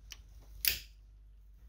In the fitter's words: This is the sound of the lock automatically locking